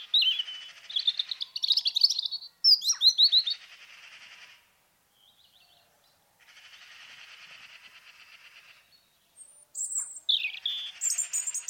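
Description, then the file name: Robin singing rapid, sparkling high phrases, then a quiet scratchy warble after a pause, and a final run of shrill, tinkling notes. "robin recorded by alan burbidge"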